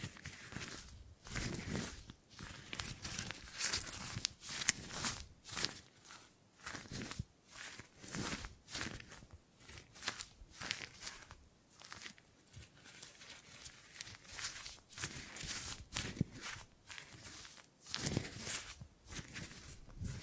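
Gripping and grabbing sounds come in quick, irregular crunchy bursts throughout, rustling and crackling in bright clusters with brief quiet gaps between.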